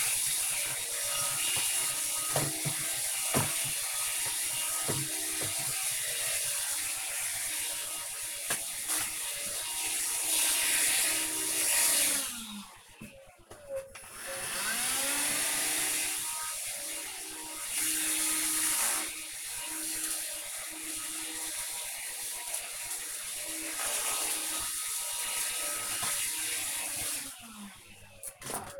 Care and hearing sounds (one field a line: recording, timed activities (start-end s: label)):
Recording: household activities, microphone on the right wrist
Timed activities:
0.00-27.84 s: vacuum cleaning